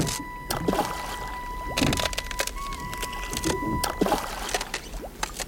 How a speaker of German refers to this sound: Wir gingen hinunter zum See und schoben das Boot ins Wasser.